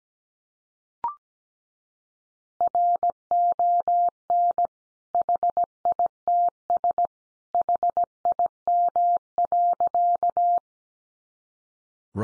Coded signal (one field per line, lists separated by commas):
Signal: Morse code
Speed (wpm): 17 wpm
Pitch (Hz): 700 Hz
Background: none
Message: RON HITS HIM.